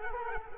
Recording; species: mosquito wingbeat signal from an infrared sensor; Culex quinquefasciatus